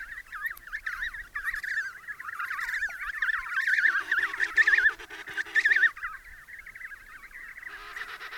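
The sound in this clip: Penguins giving harsh, quavering brays, several birds overlapping in a continuous chorus with louder pulsed bursts in the middle, then quieter calling.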